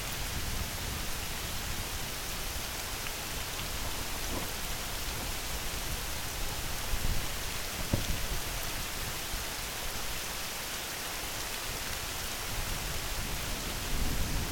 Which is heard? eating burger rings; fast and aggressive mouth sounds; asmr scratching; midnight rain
midnight rain